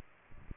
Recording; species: mosquito wingbeat signal from an infrared sensor; Aedes aegypti